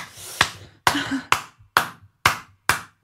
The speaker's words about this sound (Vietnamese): Vỗ tay